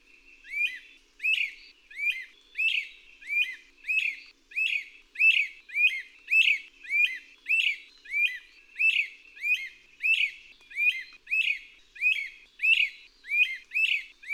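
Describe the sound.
Bird song: a high, sharp phrase repeated in a steady rhythm of about three phrases every two seconds.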